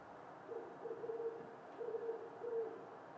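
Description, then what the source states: Barred owl hooting: a few low hoots, steady in pitch. A single lone male calling about every 45 seconds; the call is described as 'who cooks for you'.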